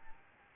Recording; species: mosquito wingbeat signal from an infrared sensor; Aedes albopictus